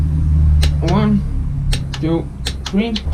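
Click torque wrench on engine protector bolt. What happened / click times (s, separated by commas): Torque wrench clicked at its set value / 0.6 s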